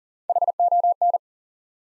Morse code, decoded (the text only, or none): HON